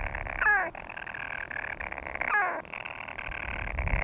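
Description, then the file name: European storm petrel churring continuously, two sharp downward hiccups cutting in about two seconds apart. "Storm Petrel (Hydrobates pelagicus)"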